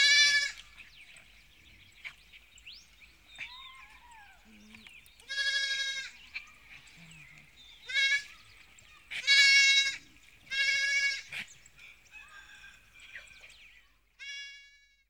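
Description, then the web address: Sheep bleating, several strong wavering bleats spread throughout with quieter bleats and faint farmyard sounds between them. "KMP Film Video Sound Effects. Schapen - Boerderij"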